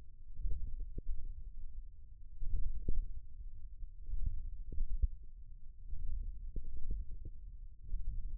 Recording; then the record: forearm muscle sounds (acoustic myography)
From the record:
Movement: ulnar deviation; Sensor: system 1, eight BSWA MPA416 microphones around the upper forearm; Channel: 6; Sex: male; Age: 28 years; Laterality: right